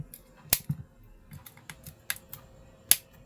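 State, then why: Seated. After the LCD and screws are reattached on a vivo Y16 smartphone whose LCD flex was torn, its plastic frame or back cover is pressed down onto the body so the clips lie flat. A series of sharp plastic clicks and lighter ticks follows, with the loudest snaps at 0.5 s, 2.1 s and 2.9 s as the clips seat into place.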